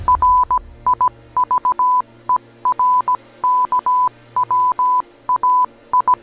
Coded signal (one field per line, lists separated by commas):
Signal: Morse code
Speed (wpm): 17 wpm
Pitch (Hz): 1000 Hz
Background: none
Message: RIVER KWAI